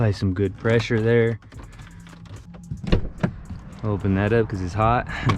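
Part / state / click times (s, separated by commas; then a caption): interior trim piece into car interior clips / not seated / none. Someone talks while handling a plastic interior trim piece at its clips in the interior of a Dodge Charger 392 Scat Pack, with a few faint taps and knocks in the quieter middle of the clip. The clip ends before the piece goes home, so nothing has seated or clicked yet.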